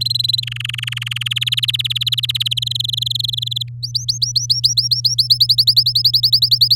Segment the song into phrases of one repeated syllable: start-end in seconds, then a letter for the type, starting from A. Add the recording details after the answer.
0.00-0.40 A, 0.42-1.23 B, 1.25-2.54 C, 2.57-3.63 D, 3.83-5.28 E, 5.30-6.75 F. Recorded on 8 May 2018 at 13:01. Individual llb16